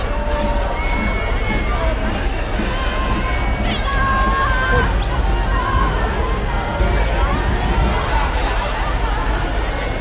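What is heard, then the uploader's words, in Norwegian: Russ parade on Karl Johan: a dense, steady crowd din of overlapping voices and shouts fills the whole stretch. Brief whistles and tooting tones cut through now and then, including a sharp rising-falling whistle around five seconds, over a constant low rumble. Lyden av russetog på Karl Johan. Russerop, tuting, musikk.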